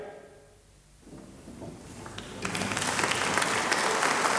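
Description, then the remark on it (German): Applause for the players after an amateur performance of the play "Ein Schritt vom Wege". It starts faintly, then swells after a couple of seconds into a dense, steady wash of clapping that holds loud and continuous to the end. “Die Mitspielenden, vor allem Effi, ernteten reichen Beifall.”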